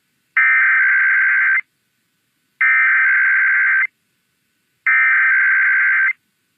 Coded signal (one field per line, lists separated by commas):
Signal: Emergency Alert System (SAME) tones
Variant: header bursts